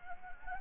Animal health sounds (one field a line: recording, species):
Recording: mosquito wingbeat signal from an infrared sensor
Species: Anopheles gambiae